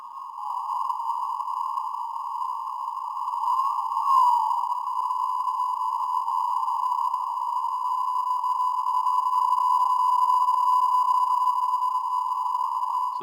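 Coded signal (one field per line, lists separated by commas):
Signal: PSK31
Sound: a steady, slightly warbling single tone near 1 kHz throughout, with a faint higher overtone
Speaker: there's a signal you can hear it and you can watch it being decoded although it's bit weak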